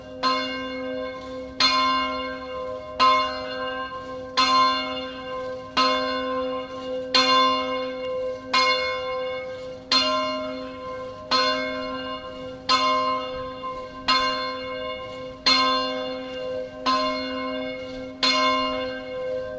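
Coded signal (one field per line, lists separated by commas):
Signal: bell signal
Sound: one church bell ringing steadily, about 14 even strikes in 20 seconds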